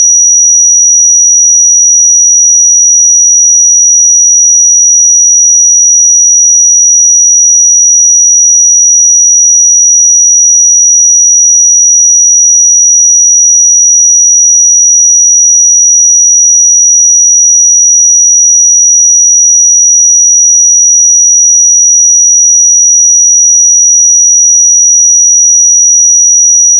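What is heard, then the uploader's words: A pure sine tone at 5809 Hz holds perfectly steady for the full length, a single thin, bright whistle with no change in pitch or loudness. Nothing else sounds beneath or around it; the background is silent throughout. 5809 Hz 1 Hz Interval Sine Pure Tone Frequency 441000 Sample Mono.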